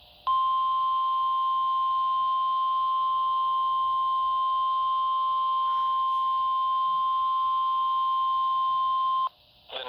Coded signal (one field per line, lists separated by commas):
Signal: Emergency Alert System (SAME) tones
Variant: 1050 Hz attention tone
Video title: Severe Thunderstorm Warning for Green County EAS #423